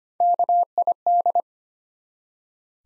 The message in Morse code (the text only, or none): KID